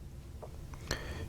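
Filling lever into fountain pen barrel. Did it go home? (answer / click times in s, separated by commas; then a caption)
yes / 0.9 s. The metal filling lever of a 1930s celluloid Waterman's 92 fountain pen, just adjusted, is pressed back into the barrel. After a faint tick at 0.7 s, a sharp, bright snap comes at 0.9 s. The lever sits flush and stays secure.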